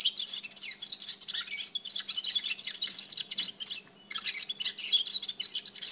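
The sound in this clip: Red-fronted serin: a dense, rapid jingle of high, scratchy notes running on for seconds, with one short gap before resuming.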